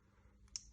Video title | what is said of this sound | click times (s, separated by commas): How to Change Ear Tips AirPods Pro | You have to hear the click, otherwise it's gonna fall out. So click, | 0.6 s